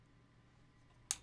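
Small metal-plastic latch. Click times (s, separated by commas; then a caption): 1.1 s. The two parts of the safety release on an OBEN QRA-R2 quick release clamp are squeezed together to free the camera plate. After a quiet stretch, a single sharp click is heard at 1.1 s. The safety latch clicks open, releasing the camera quick release plate out of the mounting clamp so the camera can be lifted off.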